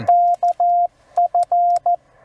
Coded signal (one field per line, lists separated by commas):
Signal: Morse code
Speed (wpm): 14 wpm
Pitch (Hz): 700 Hz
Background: radio noise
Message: KF